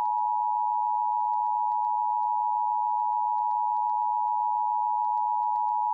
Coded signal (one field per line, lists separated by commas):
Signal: Emergency Alert System (SAME) tones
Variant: 853 and 960 Hz attention tone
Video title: ISIS Nightmare REMASTERED (An EAS Scenario)